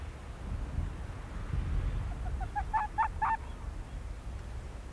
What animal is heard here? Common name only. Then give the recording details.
Arctic Fox. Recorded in the wild. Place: Insel Mednyi, Kommandeur-Inseln, RU. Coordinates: 54.5167, 168.083. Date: 1999-07-09 20:27. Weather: bedeckt, 10°C, kein Nebel. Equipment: Sony WM-D6C, Sennheiser MKH 70, Windkorb, Kopie Sony TCD-D8. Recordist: Frommolt, Karl-Heinz. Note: Südosten der Insel, Robbenbucht: eine Bellstrophe eines Polarfuchses - gleiches Tier wie bei den vorangegangenen Aufnahmen. Entfernung 20 m